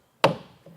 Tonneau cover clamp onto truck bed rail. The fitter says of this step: You'll kind of hear it click into place, but we want it to be facing